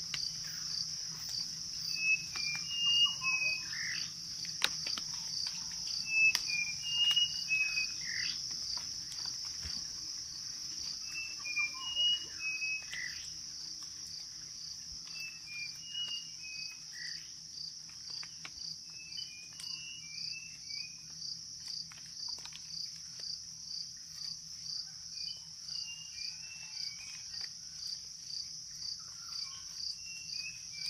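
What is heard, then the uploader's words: Jungle ambience with a dense, steady wall of high, pulsing insect trill throughout. A bird repeats a short phrase of clear, mid-high chirps about every four to five seconds, over a faint low hum in the background. Jungle Sounds - Soothing Sounds of the Jungle with Paradise Birds to help you sleep and relax.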